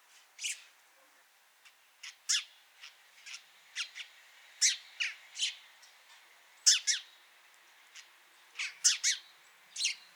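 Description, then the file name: House sparrow chirping, giving a run of single and doubled harsh chirps, some softer, spread irregularly throughout. "Passer domesticus"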